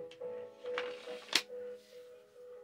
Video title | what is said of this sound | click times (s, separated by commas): response to shadiversity I spit on your sword | there's the satisfying click noise again because that has metal around the koi Gucci | 1.4 s